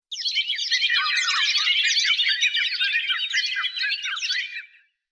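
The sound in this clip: Bird chatter of dense, fast, overlapping high chirps and squeaks, a busy jumble of twittering notes sustained for nearly five seconds before fading out.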